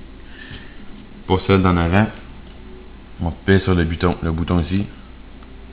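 A flip-up front sight on an airsoft rifle's rail is being handled, with its release button pressed so it can be folded down. Someone talks over low background noise, and a faint short tick is heard near 5.4 s. Nothing has seated or clicked yet, as the sight has not yet been folded into its lowered position.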